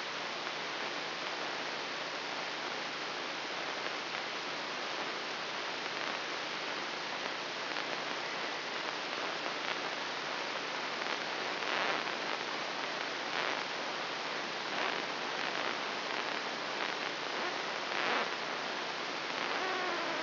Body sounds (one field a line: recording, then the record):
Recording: brain microelectrode recording played as sound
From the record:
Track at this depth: inside the subthalamic nucleus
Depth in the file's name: 2.709 mm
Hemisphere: left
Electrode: 3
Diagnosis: Parkinson's disease